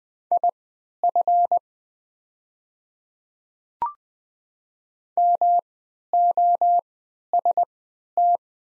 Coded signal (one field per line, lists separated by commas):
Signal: Morse code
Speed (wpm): 20 wpm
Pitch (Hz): 700 Hz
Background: none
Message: IF MOST